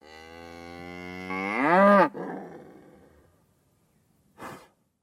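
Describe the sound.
Cow giving one long, deep moo that swells and rises then falls in pitch before cutting off sharply, followed by a short breathy sound.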